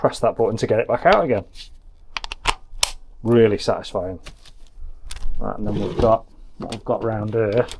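A plastic hose connector is released from a Kaiweets KPW-F1 portable pressure washer by pressing its release button and pulling it back out. Several sharp clicks are heard, with the main click at 2.8 s, and the connector comes free. Someone talks before and after.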